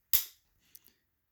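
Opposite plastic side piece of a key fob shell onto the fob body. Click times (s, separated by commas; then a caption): 0.1 s. The opposite plastic side piece of a Tesla key fob shell is set into place at the top, then the bottom is squeezed onto the fob body until it snaps on with a sharp, loud click at 0.2 s, followed by two faint small ticks near 0.8 s and 0.9 s. The side piece is seated.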